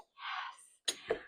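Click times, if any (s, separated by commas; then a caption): 0.9 s. Working alone under the sink, a person pushes a metal snap ring onto the body of a kitchen sink drain strainer. A breathy, hissing rush fades, then a sharp metallic snap at 0.9 s is followed by a smaller knock at 1.1 s. The snap ring springs into its groove and is seated.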